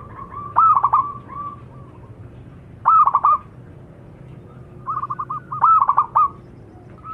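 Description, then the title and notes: Zebra dove giving three clipped, trilling coo phrases plus a softer string of quick notes, separated by pauses over a faint hum. Long-duration lure call of a zebra dove, described as a vigorous singer (gacor). "Pancingan Perkutut Durasi Panjang. Suara Burung Perkutut Gacor"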